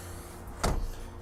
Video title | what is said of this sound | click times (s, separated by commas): 2014 Chevrolet Equinox LS AWD - OnStar + Remote Start - Edmonton AB - MA11535A - Crosstown Chrysler | goes back up and locks into place | 0.6 s